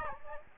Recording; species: mosquito wingbeat signal from an infrared sensor; Aedes aegypti